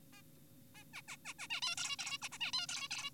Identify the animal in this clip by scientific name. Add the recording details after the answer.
Taeniopygia guttata. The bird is an adult. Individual g4p5U